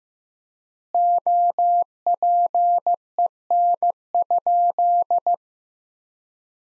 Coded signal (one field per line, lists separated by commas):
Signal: Morse code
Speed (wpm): 15 wpm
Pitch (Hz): 700 Hz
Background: none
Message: OPEN?